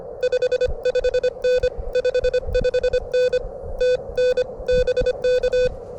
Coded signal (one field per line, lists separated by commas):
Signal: Morse code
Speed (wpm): 25 wpm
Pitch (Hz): 1500 Hz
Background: none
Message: 55N 55N TN BK